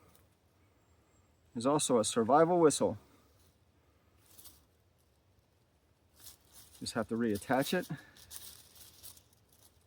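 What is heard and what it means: Someone talks while handling a carved wooden whistle part and lining it up on a wooden bow before reattaching it, a step that has to be done delicately. Between and after the speech there are faint rustling and handling sounds, with a few small ticks near the end. The whistle part has not yet popped or seated into place.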